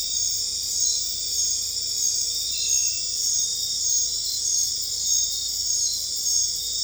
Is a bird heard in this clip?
no